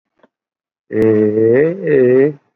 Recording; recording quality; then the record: sustained vowel as in made; excellent, no background noise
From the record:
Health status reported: COVID-19 positive, mild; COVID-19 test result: positive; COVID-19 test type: RT-PCR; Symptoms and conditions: fatigue, muscle pain, diarrhoea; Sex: male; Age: 37 years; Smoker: no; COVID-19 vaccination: both doses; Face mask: worn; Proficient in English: yes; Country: India